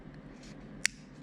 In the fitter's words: make sure you put it right in place and once you hear the click